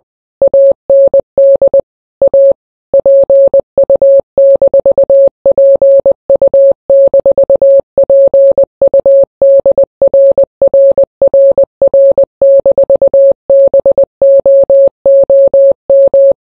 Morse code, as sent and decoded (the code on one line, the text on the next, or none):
.- -. -.. / .- / .--. ..- -....- .--. ..- -....- .--. ..- -.. .-. .-. .-. .-. -....- -... --- --- --
AND A PU-PU-PUDRRRR-BOOM